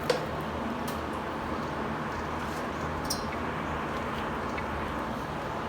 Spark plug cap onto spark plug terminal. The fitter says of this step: you will hear this click